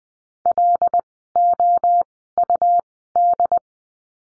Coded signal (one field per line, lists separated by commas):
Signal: Morse code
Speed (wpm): 20 wpm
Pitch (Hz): 700 Hz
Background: none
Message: LOUD